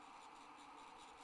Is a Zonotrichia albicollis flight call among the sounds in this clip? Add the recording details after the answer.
no. No flight call is heard. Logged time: 08:00 on 30 November 2014